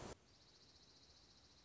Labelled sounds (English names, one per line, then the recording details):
Dark-eyed Junco
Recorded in Sonoma County, California